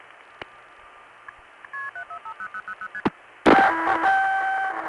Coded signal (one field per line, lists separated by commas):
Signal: multi-frequency trunk signalling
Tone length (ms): 80 ms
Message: KP7450000ST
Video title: Early80s Pgm 5: Effect of CCIS on Phreaking, Olney SF'ing, 1981-83